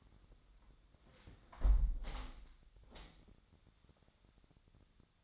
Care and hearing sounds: daily activity, microphone in the room; close window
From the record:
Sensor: 3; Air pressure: 1006.4 hPa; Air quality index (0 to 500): 192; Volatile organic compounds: 14 ppm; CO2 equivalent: 2436 ppm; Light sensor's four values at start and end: 10/23/9/9 and 9/23/9/9

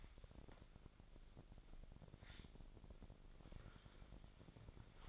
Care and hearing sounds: daily activity, microphone in the room; wipe stove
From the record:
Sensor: 5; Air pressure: 1001.7 hPa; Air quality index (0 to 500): 177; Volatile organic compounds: 11 ppm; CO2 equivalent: 2268 ppm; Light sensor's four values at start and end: 23/80/30/31 and 23/78/30/30

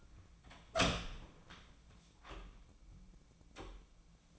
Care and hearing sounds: daily activity, microphone in the room; open door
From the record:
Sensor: 1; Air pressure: 1009.3 hPa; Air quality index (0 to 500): 181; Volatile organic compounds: 3 ppm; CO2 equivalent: 1524 ppm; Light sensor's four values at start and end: 40/109/45/53 and 41/110/45/53

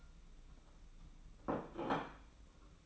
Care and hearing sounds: daily activity, microphone in the room; place plate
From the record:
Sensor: 1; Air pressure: 991.8 hPa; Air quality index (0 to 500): 166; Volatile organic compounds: 1000 ppm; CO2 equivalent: 6261 ppm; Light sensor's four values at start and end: 28/97/37/38 and 28/98/38/38

